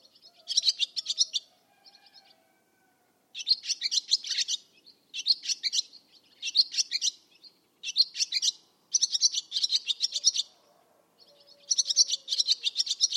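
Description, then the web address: Bird song of rapid, high trilled chirps delivered in a steady run of short phrases with brief pauses between them. "Bird Only"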